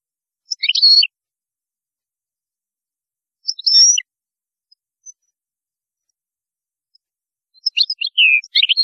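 European goldfinch singing in three short bursts of high, liquid twittering notes with quiet pauses between.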